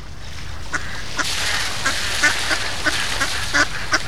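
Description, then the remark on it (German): A mother duck swimming on a pond quacks repeatedly in short, rhythmic bursts while her three ducklings peep along, all over a steady background hiss. “Da drüben auf dem Teich schwimmt eine Entenmama mit ihren 3 Kindern.”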